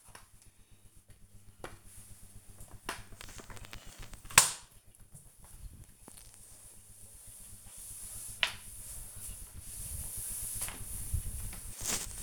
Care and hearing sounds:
household activities, microphone on the right wrist
0.00-12.23 s: floor cleaning

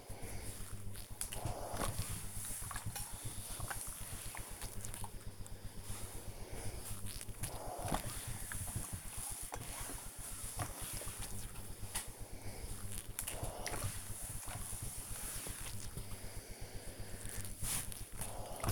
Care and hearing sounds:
household activities, microphone on the right wrist
0.00-18.72 s: ironing laundry

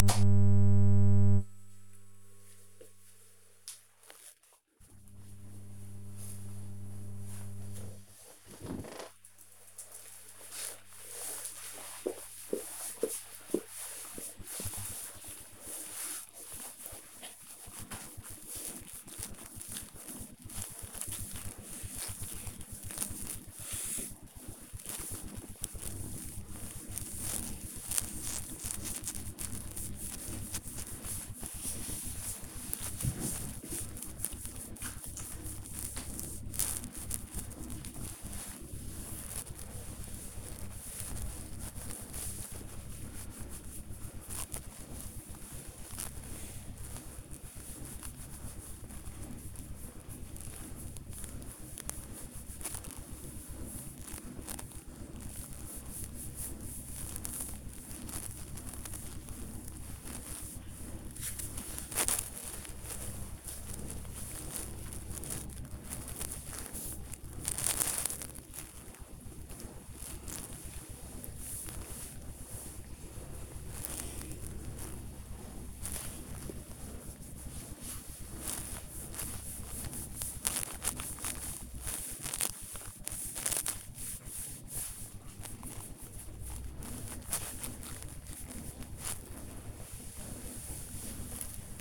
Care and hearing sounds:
household activities, microphone on the right wrist
15.53-91.81 s: petting the dog

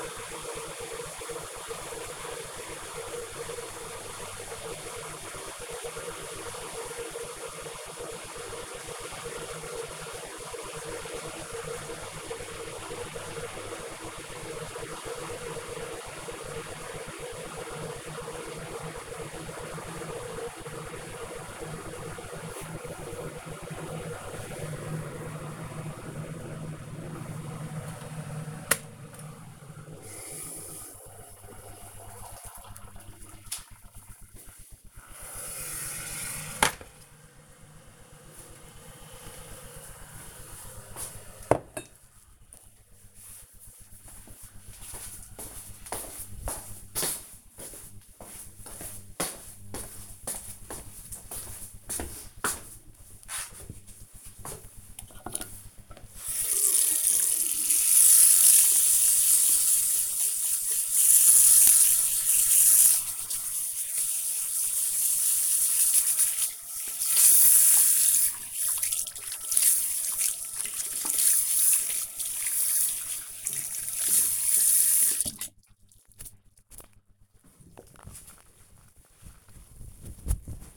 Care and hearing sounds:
household activities, microphone on the right wrist
0.00-37.61 s: making tea
53.74-76.89 s: washing hands

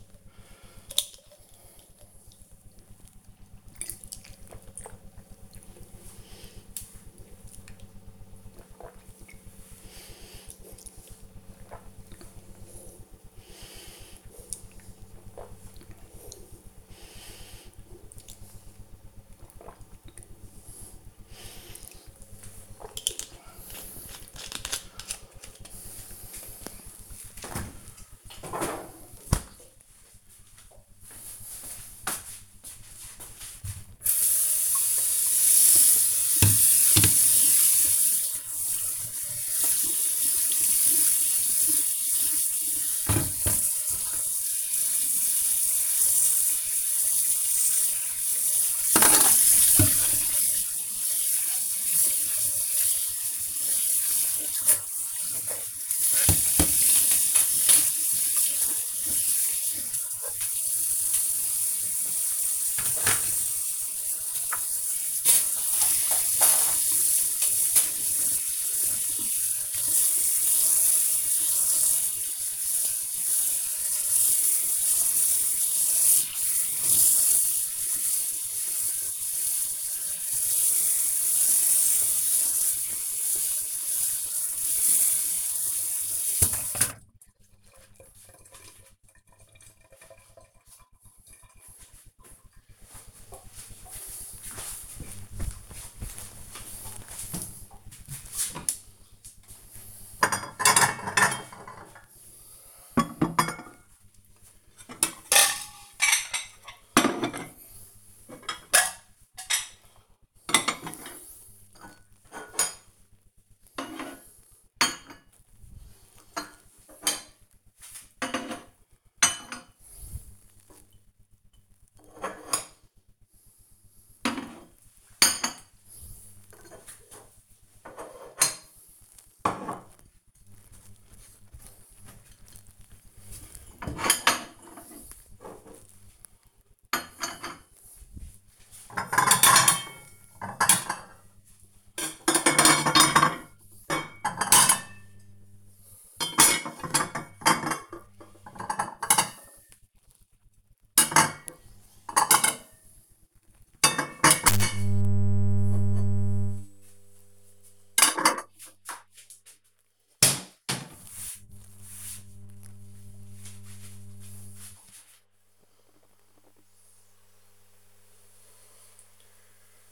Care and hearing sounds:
household activities, microphone on the right wrist
0.00-23.68 s: drinking
34.75-87.11 s: washing dishes
99.19-160.62 s: putting away the dishes

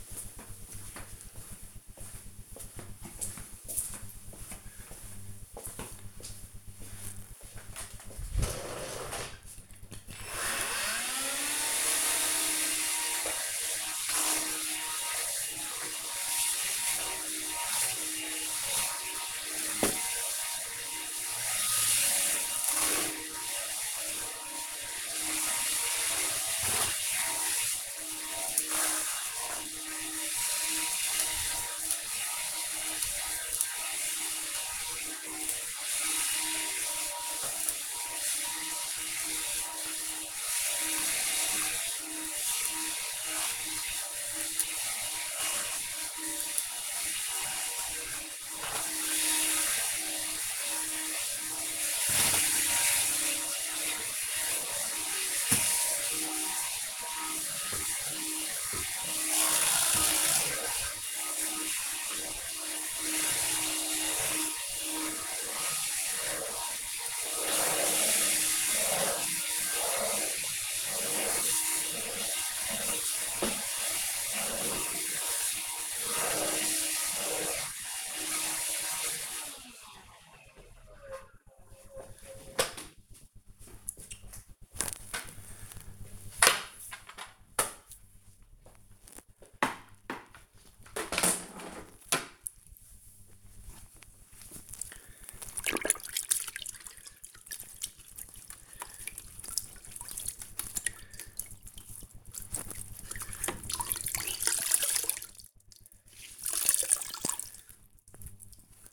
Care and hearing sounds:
household activities, microphone on the right wrist
8.95-77.38 s: vacuum cleaning
85.43-108.92 s: floor cleaning

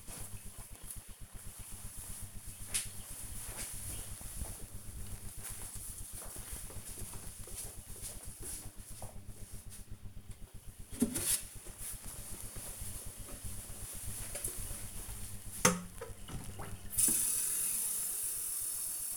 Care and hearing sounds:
household activities, microphone on the right wrist
10.30-19.17 s: watering plant

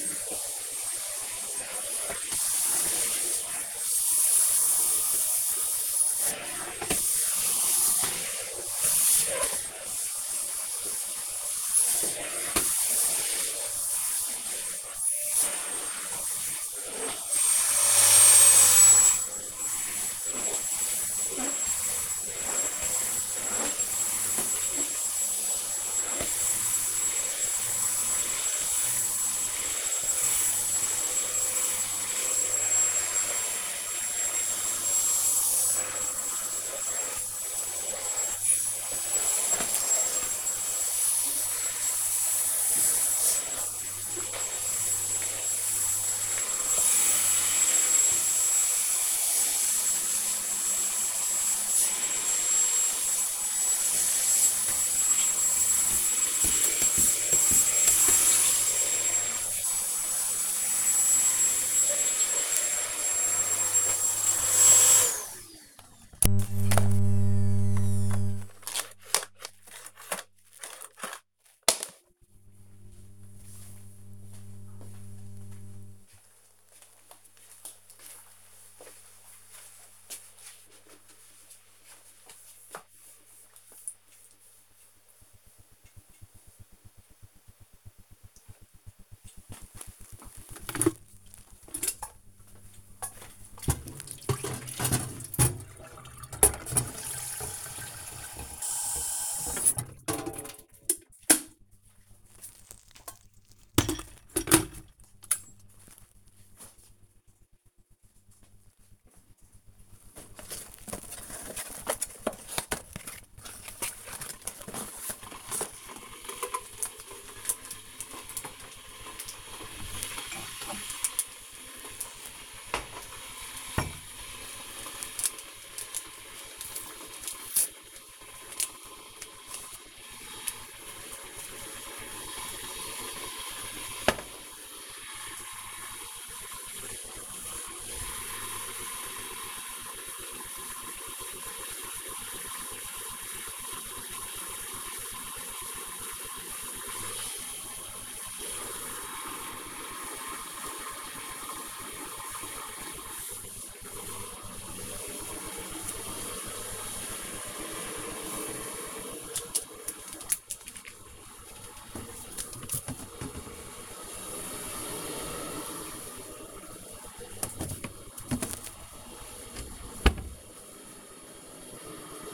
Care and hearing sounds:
household activities, microphone on the right wrist
0.00-65.26 s: vacuum cleaning
89.45-172.33 s: making tea

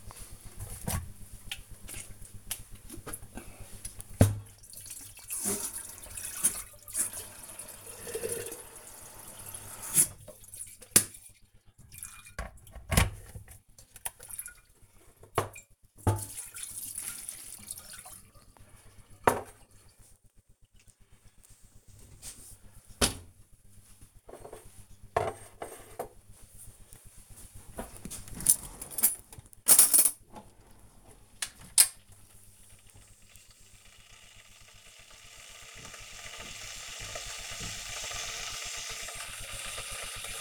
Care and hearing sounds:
household activities, microphone on the right wrist
0.00-40.41 s: making tea

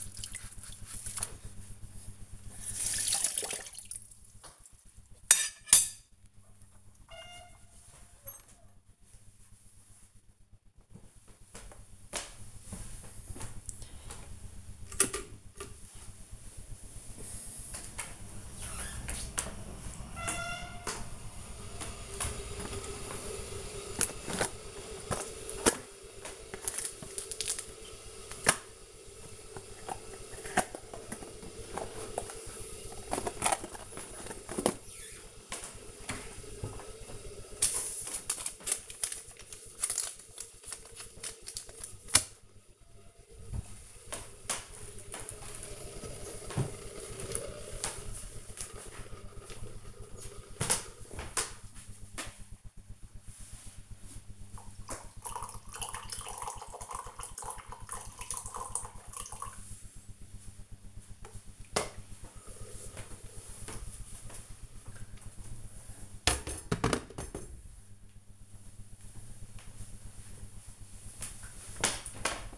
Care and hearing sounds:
household activities, microphone on the right wrist
0.00-5.37 s: washing dishes
13.40-66.59 s: making tea

